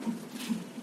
A baby's heartbeat. This lady's on a monitor.